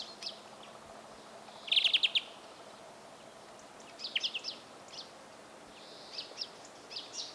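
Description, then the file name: European greenfinch giving one short, rapid metallic trill near the start, followed by scattered faint high chirps and twitters against a quiet background hiss. "Chloris chloris"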